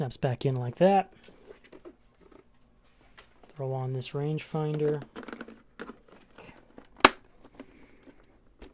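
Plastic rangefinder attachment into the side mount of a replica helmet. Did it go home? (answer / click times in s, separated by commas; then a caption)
yes / 7.1 s. A plastic rangefinder stalk on a Black Series Boba Fett replica helmet is pushed into the side mount. Someone talks, then a few light plastic clicks and handling sounds lead to a sharp, loud snap at 7.0 s as the rangefinder seats in place on the helmet.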